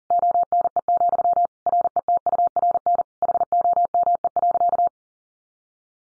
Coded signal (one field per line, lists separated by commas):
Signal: Morse code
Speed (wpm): 37 wpm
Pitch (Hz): 700 Hz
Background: none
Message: ONE, RETURN HOME.